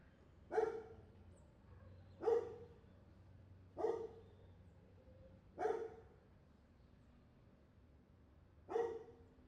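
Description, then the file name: Dog giving single sharp barks spaced roughly every one and a half to three seconds, five in all, over a low steady hum. Street dogs barking in street ambience, Buenos Aires province, Argentina. "ambiente calle prv bs as street dogs barking"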